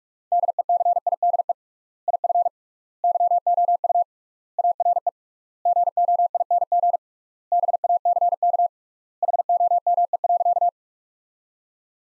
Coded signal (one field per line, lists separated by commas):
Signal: Morse code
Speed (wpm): 47 wpm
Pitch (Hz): 700 Hz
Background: none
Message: DECIDE IF YOU ARE GOING BACK HOME.